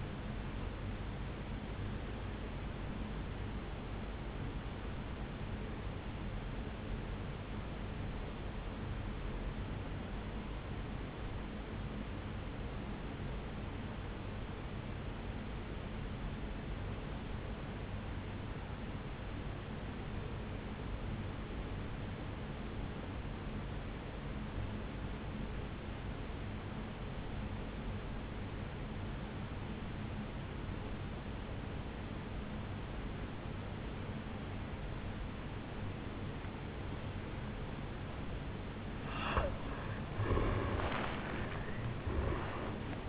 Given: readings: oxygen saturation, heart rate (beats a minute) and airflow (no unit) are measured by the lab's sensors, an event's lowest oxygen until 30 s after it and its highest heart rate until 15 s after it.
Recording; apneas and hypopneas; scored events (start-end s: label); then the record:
breathing in sleep by a voice recorder at the bedside; 1
3.00-33.00 s: new sleep stage, N2 (light sleep)
6.00-37.30 s: obstructive apnea (N2, oxygen 96% highest, then 83% lowest, heart rate 58 at the start, 76 highest)
33.00-43.09 s: new sleep stage, N1 (lightest sleep)
From the record:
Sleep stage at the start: N1 (lightest sleep); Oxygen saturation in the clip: 84 to 96%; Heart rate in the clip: 55 to 73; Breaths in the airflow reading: 3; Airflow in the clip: -11.5 to 5.6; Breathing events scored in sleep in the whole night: 449 in 7.0 hours asleep